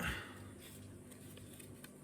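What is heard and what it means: An extension piece is being fitted onto a knitting needle or cable to lengthen it. After a brief louder rustle at the start, there is soft handling with a few small ticks near 1.4, 1.6 and 1.8 seconds. The clip ends before the piece goes home, and nothing has seated yet.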